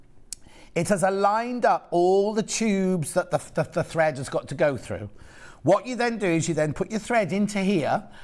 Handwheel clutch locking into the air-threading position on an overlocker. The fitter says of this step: till it clicks right so nothing moves and what that's done